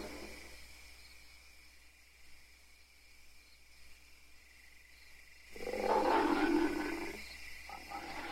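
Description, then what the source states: Ape scream, a single loud, rough outburst lasting about a second and a half after a long near-silent stretch, followed by a fainter tail. Long, angry screaming and growling.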